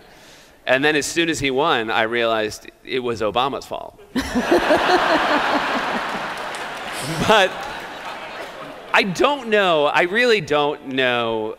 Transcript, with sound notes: And then as soon as he won, I realized it was Obama's fault.
(LAUGHTER)
But I don't know. I really don't know.